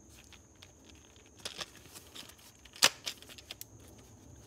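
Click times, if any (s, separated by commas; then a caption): 2.8 s. A dust collection bag is pushed onto the dust port of a cordless DeWALT random orbital sander until it locks in place. Soft crinkling and rustling handling sounds come first, then a sharp, loud click at 2.9 s as the bag seats, followed by a smaller tap and light handling. The bag is locked onto the sander.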